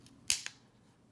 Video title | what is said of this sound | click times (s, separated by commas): Springfield HellCat FDE | she hear that click | 0.3 s